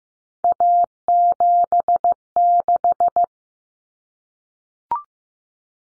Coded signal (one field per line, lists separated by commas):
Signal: Morse code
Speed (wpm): 15 wpm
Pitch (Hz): 700 Hz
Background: none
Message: A76